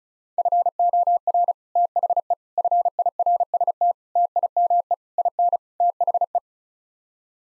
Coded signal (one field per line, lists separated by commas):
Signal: Morse code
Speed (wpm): 34 wpm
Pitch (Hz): 700 Hz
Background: none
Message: FOR THE FIRST TIME IN THE